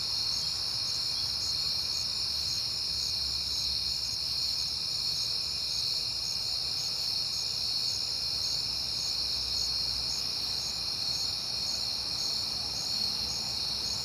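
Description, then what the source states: Shrill cricket trilling with rhythmic higher chirps repeating throughout. Recorded at night on a peaceful September night.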